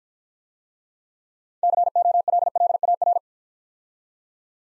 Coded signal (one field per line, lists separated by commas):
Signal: Morse code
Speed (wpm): 50 wpm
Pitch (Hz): 700 Hz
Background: none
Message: COLLAR